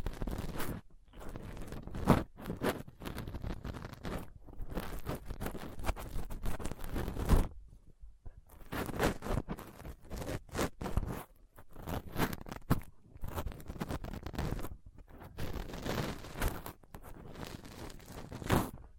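Rough scratching and scraping as a microphone is picked at with a dental pick, tweezers and a cotton swab. Bursts of gritty, rasping strokes come in irregular clusters with brief silent gaps, including a longer pause near seven seconds, and a few sharper scrapes stand out.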